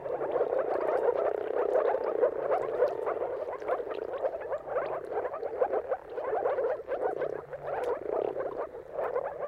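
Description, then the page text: Moor frogs calling together, a ceaseless layer of muffled, burbling notes with a faint low hum beneath. Chorus of many moor frogs giving mating calls at sunrise, at the turn of March and April depending on weather. "Jakub-Orzecki moor frogs. Dawn’s Chorus: Mating Calls of Marsh Frogs at Sunrise. Depending on the weather at the turn of March and April, you can witness an amazing spectacle of moor frogs"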